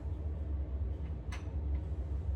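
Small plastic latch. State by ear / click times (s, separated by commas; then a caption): released / 1.3 s. A magnetic key is held to a Maisi / Vmaisi adhesive, childproof magnetic lock on a cabinet door, and its plastic latch releases with a faint, sharp click at 1.3 s. A steady low hum continues underneath, and the latch is now open.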